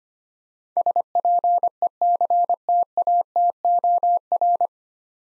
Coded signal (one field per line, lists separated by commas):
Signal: Morse code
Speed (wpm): 25 wpm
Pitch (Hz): 700 Hz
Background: none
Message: SPECTATOR